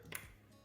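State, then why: Seated. A wiring harness connector is slid onto the intake air pressure and temperature (MAP) sensor of a 2020-2026 Chevy Blazer 2.0L (LSY) and clicks home with a single sharp snap at 0.1 s. The connector is seated. Wait — must give click time to one decimal: 0.15 → 0.2? Round to one decimal: 0.15 → 0.2 (or 0.1). Use 0.2. A wiring harness connector is slid onto the intake air pressure and temperature (MAP) sensor of a 2020-2026 Chevy Blazer 2.0L (LSY) and clicks home with a single sharp snap at 0.2 s. The connector is seated.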